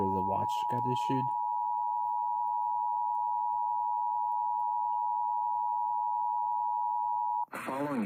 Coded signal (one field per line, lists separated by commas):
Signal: Emergency Alert System (SAME) tones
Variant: 853 and 960 Hz attention tone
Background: speech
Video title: WASN'T ANTICIPATING AN EVI, BUT I GOT IT... EAS Alerts from 4/27/25 (EAS 5,718 - 5,737)